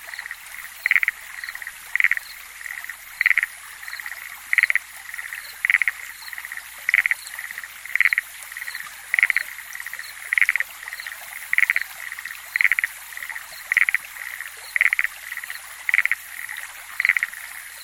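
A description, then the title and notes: Frogs call in a rice field at night, one repeated bright croak about once a second, steady and regular throughout. Behind it runs a continuous thin hiss of insects and water, with nothing low or heavy underneath. RICE FIELDS NIGHT • Water Noise, Frogs & Nocturnal Insects.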